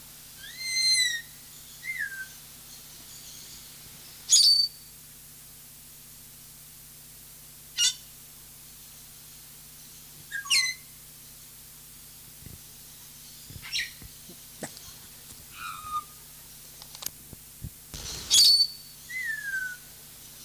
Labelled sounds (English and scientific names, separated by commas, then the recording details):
Grey Parrot (Psittacus erithacus) call
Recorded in captivity
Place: Zoo Leipzig, Sachsen, DE
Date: 2003-10-01 14:26
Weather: heiter, 14°C
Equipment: Fair Mate ST-1328 (Asahi Electronics, Japan), Sennheiser ME 80, Kopie Uher 4000 Report Monitor
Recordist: Tembrock, Günter